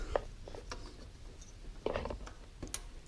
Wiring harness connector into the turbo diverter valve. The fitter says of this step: wiring harness on the diverter valve you'll hear a little click when it's fully on place perfect